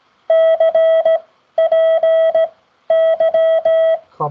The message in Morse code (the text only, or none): CPY